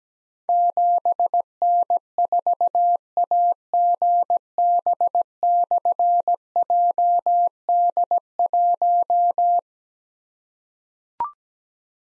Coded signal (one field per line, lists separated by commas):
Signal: Morse code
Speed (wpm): 17 wpm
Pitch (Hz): 700 Hz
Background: none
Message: 7N4AGB/JD1